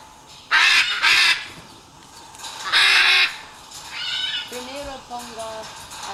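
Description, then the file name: Great green macaw uttering harsh squawks, then softer honking calls with clear tonal bands toward the end. "guacamayo ara ambigua"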